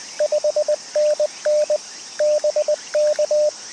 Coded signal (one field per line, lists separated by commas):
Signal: Morse code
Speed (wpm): 20 wpm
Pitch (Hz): 590 Hz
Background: radio noise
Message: 5NN BK